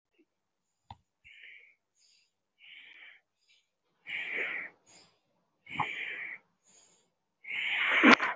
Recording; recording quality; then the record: deep breathing; excellent, no background noise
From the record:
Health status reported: respiratory illness, not identified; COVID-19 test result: not tested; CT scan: not taken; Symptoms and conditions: breathing difficulty, muscle pain, asthma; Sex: male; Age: 43 years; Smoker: no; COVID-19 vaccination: one dose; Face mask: worn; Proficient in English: yes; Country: India